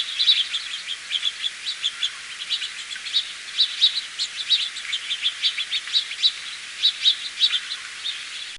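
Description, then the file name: House finch song: a long, lively warble of quick chirps and twittering notes, rising and falling in bursts without a break. "Hfinch"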